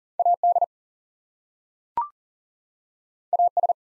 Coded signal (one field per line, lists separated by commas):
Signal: Morse code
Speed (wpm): 40 wpm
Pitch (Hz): 700 Hz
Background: none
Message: AD AS